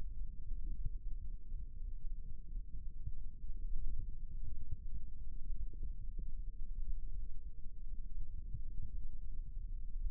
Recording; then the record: forearm muscle sounds (acoustic myography)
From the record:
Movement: rest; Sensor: system 1, eight BSWA MPA416 microphones around the upper forearm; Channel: 5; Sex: male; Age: 18 years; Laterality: right